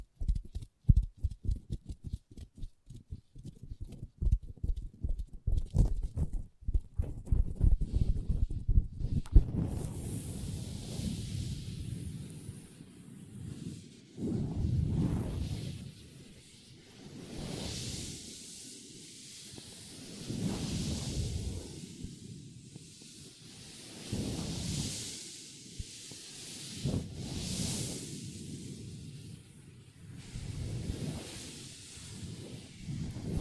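Long nails tap rapidly on a table for the first ten seconds, a dense run of sharp clicks. The tapping then gives way to slower scratching strokes, raspy swells that rise and fade every couple of seconds with a bright hiss on top.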